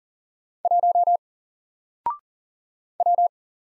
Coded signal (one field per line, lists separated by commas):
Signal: Morse code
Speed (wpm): 40 wpm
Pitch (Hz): 700 Hz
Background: none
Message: 1 W